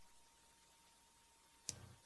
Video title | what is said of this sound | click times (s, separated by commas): Why the Aspire Nautilus is a no show | you hear this click that click is it snapping in place so you don't have to fiddle with you know it's constantly moving | 1.7 s